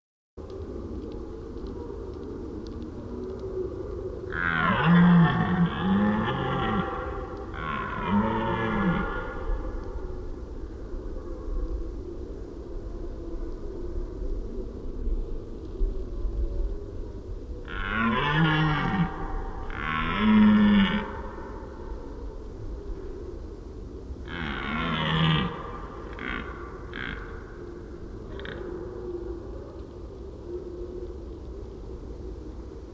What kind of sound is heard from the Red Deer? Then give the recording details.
call. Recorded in the wild. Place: Schorfheide, Brandenburg, DE. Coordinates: 52.907, 13.531. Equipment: Nagra III BH, Sennheiser MD 21, parabola. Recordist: Schubert, Michael